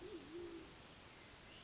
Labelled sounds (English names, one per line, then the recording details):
Band-tailed Pigeon
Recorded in Sonoma County, California